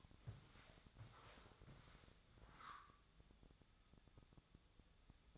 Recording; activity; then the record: daily activity, microphone in the room; walk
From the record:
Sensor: 3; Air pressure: 1000.5 hPa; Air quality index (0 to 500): 164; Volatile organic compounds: 3 ppm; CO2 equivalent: 1436 ppm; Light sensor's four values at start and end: 18/45/18/20 and 16/41/17/18